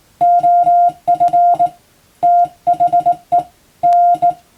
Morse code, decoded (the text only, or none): OF THE N